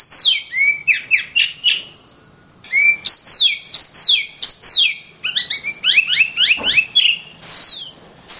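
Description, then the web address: Oriental magpie-robin song of varied loud whistles, many sweeping steeply downward, delivered in quick irregular phrases with brief pauses. Loud song, used as masteran for training other birds. "Suara kacer ngplong keras. masteran burung kacer"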